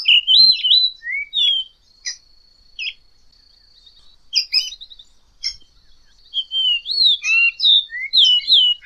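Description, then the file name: Blue rock thrush singing clear, warbled whistled phrases with rising and falling notes, in bursts separated by pauses of a second or more; a thin steady tone runs behind. "canto do melro azul"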